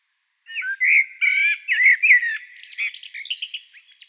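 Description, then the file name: Common blackbird song with a string of fluty, looping whistles followed by a high, rapid, scratchy chatter. "Turdus merula"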